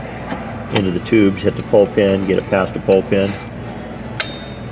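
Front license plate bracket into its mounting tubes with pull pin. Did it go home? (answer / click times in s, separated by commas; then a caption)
yes / 4.2 s. Someone talks while a metal front license plate bracket for a 2025 Mercedes AMG G 63 is pushed onto its mounting tubes and past the spring pull pin. A sharp click at 4.2 seconds marks the bracket locking into place on the pull pin.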